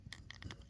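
A push-to-connect shut-off valve is pushed onto PEX pipe, and its fitting is expected to click twice. Short, sharp ticks are heard at 0.1, 0.3 and 0.5 seconds, and the first of the two clicks comes at 0.3 seconds. Only the first click is confirmed, so the fitting is not yet fully seated.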